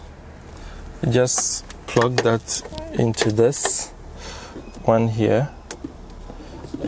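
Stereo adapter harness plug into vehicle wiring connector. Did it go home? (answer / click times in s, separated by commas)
no / none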